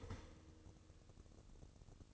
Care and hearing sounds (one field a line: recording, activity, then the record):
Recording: daily activity, microphone in the room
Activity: start toaster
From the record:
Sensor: 4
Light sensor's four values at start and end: 8/19/7/7 and 9/19/8/8